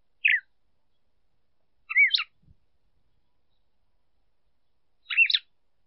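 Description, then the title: Red-cowled cardinal calls: three short, chirped phrases with quick up-and-down inflections, separated by long silent gaps. Female calling repeatedly; used to excite and stimulate a male. "Canto Galo Campina Fêmea. ESQUENTE SEU GALO DE CAMPINA COM ESSA FÊMEA CHAMANDO MUITO"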